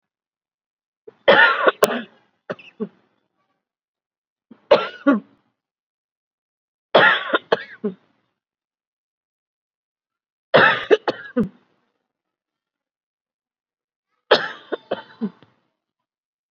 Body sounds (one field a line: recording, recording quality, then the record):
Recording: deep breathing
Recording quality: poor, much background noise or distortion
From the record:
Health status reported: COVID-19 positive, moderate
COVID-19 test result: positive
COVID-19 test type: RT-PCR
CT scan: taken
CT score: 11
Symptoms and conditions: cough, fever, fatigue, muscle pain, loss of smell and taste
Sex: female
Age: 57 years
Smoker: no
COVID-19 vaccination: one dose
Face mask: worn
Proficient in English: no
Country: India